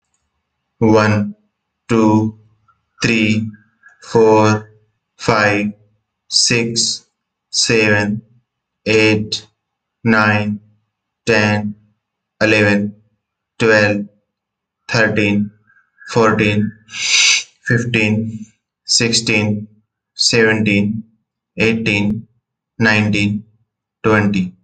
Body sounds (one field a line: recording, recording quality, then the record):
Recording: counting at a normal pace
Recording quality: excellent, no background noise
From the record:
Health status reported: COVID-19 positive, mild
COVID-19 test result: positive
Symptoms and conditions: cough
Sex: male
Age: 36 years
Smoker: not ticked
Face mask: not worn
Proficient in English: yes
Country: India